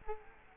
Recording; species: mosquito wingbeat signal from an infrared sensor; Culex quinquefasciatus